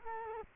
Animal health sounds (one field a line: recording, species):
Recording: mosquito wingbeat signal from an infrared sensor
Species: Culex quinquefasciatus